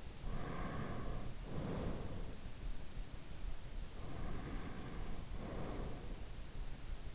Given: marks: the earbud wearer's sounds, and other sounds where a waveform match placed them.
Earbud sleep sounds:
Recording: sounds in sleep by an in-ear microphone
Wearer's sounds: breath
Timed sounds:
0.00-2.38 s: breath
3.87-6.36 s: breath

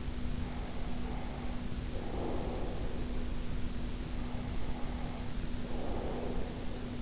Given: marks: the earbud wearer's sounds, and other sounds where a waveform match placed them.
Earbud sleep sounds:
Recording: sounds in sleep by an in-ear microphone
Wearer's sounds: breath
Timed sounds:
0.29-3.67 s: breath
3.97-7.01 s: breath

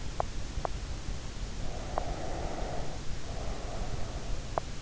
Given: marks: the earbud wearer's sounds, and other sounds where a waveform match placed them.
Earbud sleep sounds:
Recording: sounds in sleep by an in-ear microphone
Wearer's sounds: teeth grinding, breath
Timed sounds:
0.00-0.86 s: teeth grinding
1.43-4.48 s: breath
4.48-4.74 s: teeth grinding

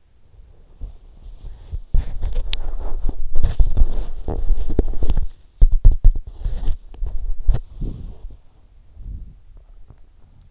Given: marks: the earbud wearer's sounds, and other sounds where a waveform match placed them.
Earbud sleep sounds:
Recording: sounds in sleep by an in-ear microphone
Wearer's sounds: body movement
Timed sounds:
0.00-10.51 s: body movement

